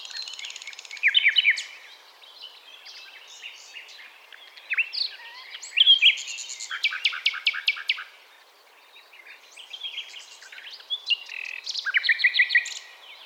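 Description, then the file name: Common nightingale singing several phrases with brief pauses between them, mixing liquid chirps, buzzy trills and rapid repeated notes. "Luscinia megarhynchos"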